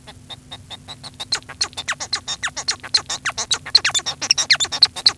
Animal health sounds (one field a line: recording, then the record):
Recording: song of a male Bengalese finch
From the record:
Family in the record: son of father 1